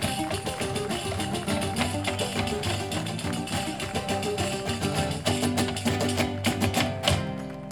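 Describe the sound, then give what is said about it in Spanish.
Rapid, rhythmic zapateo foot stomps by a woman dancing at the V Encuentro Internacional de Payadores in San José de Maipo tap out sharp percussive beats over loud, lively music that plays throughout without pause. “La amiga que se paró a zapatear.”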